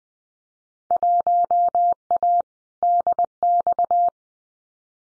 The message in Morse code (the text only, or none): 1A DX